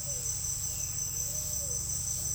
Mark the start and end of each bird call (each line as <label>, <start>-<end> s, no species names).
bird call, 0.00-1.79 s